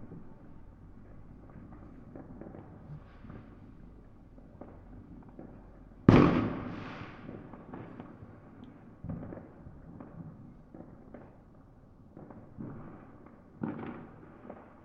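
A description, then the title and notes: Fireworks go off in a neighbourhood, heard muffled from indoors. One loud, deep bang lands around six seconds and rumbles away over the next two, with softer pops near nine and fourteen seconds over a low, dull background murmur. NYE 2020 Fireworks. A last-minute unplanned recording of fireworks being let off in our neighbourhood using the Sony PCM-M10 built-in mics. I'd never heard such a cacophony of fireworks let off at such quick succession for so long. It's slightly muffled as a result of recording indoors with the window only slightly open.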